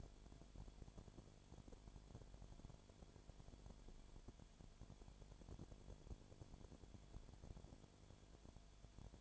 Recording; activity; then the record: daily activity, microphone in the room; no activity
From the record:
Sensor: 5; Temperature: 20.0 degrees Celsius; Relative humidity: 37.1%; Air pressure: 1007.4 hPa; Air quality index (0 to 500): 84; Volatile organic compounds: 1 ppm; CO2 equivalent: 955 ppm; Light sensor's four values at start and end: 2/3/1/1 and 2/3/1/1